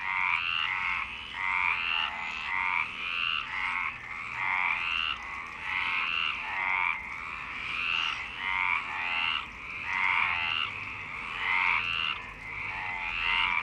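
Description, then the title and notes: Several frogs croak together, buzzy pulsed calls piling up continuously in a dense, rhythmic chorus. Frogs in Parc Longchamp, Marseille, Provence-Alpes-Côte d'Azur, France, 26 March 2011 at 19:35, recorded with a MixPre-6 and Basic UCHO. "Marseille, Provence-Alpes-Côte d'Azur, France - 26_03_11_19_35 Longchamps_004 grenouilles. Grenouilles au parc de Longchamp"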